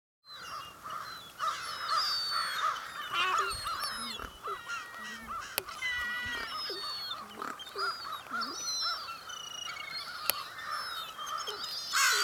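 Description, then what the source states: American Crow giving odd warbling, wavering notes, with a couple of sharp clicks. Very weird vocalizations from this American crow, with some normal calls in the middle.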